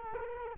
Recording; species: mosquito wingbeat signal from an infrared sensor; Culex quinquefasciatus